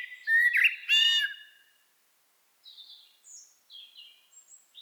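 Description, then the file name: Common blackbird giving one short fluty phrase that breaks into a scratchy high twitter, followed by soft thin high notes in the quiet. "Turdus merula"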